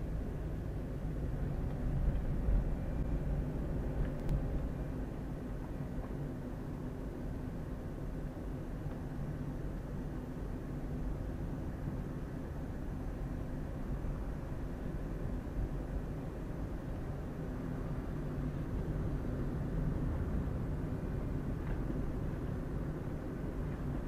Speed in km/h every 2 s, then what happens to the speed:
20, 22, 26, 26, 26, 27, 28, 29, 29, 30, 30, 30.
0-4 speeds up to 26. 4-24 steady at about 28.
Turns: none.